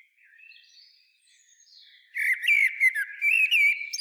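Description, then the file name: Common blackbird breaking into rapid, harsh chattering notes over a sustained whistled tone, after two seconds of faint high sounds. "Turdus merula"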